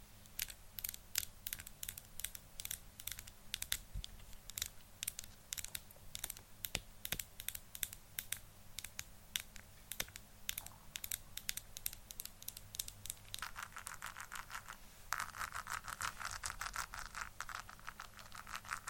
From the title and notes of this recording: ASMR Tapping For Sleep & Relaxation.